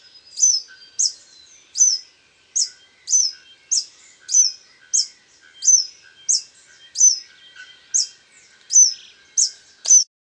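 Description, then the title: Scale-throated hermit repeating a thin, high, squeaky note at a quick, even pace throughout. Subspecies Phaethornis eurynome eurynome, assumed from location. "LuckyPassaro Completos2Sama. Scale-throated Hermit (Phaethornis eurynome eurynome (ssp asumed from location))"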